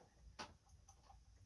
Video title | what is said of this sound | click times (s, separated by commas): Lincoln's Lincoln Sewing Machine- a tutorial | slide it onto the spindle of the bobbin race until the kind of clicks into place and the little finger goes into the cutout that's made for it. | 0.4 s